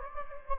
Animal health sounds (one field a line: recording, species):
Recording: mosquito wingbeat signal from an infrared sensor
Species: Anopheles gambiae